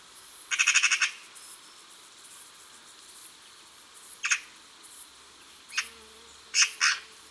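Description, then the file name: Eurasian magpie giving one rapid harsh rattling chatter, followed by several isolated rasping chack notes, the last two close together. "Pie bavarde"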